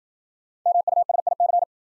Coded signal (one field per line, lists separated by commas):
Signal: Morse code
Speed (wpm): 55 wpm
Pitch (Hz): 700 Hz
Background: none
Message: MUSIC